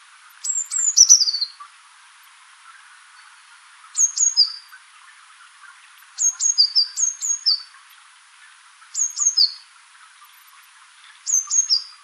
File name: Cyanistes caeruleus